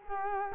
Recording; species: mosquito wingbeat signal from an infrared sensor; Culex quinquefasciatus